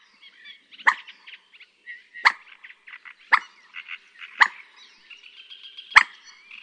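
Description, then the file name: Moorhen: five loud, sharp notes at uneven intervals, separated by softer, stuttering chatter. "Gallinella dacqua"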